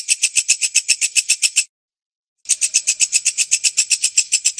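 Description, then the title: Bird giving rapid, rattling bursts of high, harsh pulses, stopping briefly for under a second before resuming at the same fast pace. Used for training songbirds. "Suara masteran Burung"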